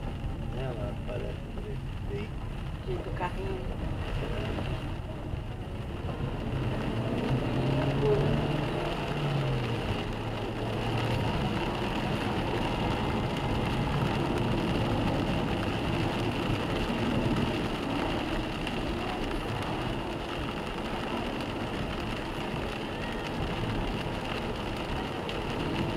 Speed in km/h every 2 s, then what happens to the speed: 27, 30, 37, 57, 63, 68, 70, 69, 66, 59, 61, 64, 64.
0-11 speeds up to 70. 15-17 brakes to 59.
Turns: none.